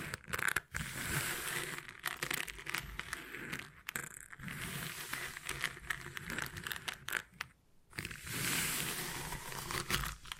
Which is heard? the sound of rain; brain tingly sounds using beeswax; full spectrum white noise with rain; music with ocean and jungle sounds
brain tingly sounds using beeswax